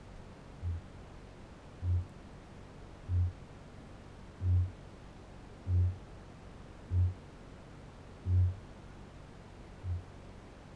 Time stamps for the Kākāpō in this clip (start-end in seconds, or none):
0.31-10.76